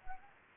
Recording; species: mosquito wingbeat signal from an infrared sensor; Anopheles arabiensis